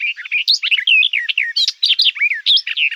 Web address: Sylvia nisoria